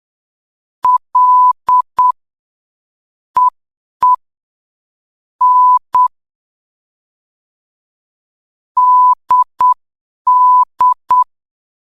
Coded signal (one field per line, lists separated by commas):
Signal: Morse code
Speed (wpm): 8 wpm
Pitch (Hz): 1000 Hz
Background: none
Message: L EE N DD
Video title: Signal Post | Morse Code for Beginners Level 2.... Part 1 #signalpost